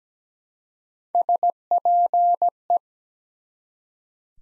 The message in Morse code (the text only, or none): SPE